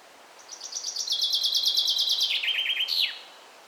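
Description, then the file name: Common chaffinch song, a fast rattling series of high notes descending through several steps to a terminal flourish, against steady background hiss. "Fringilla coelebs"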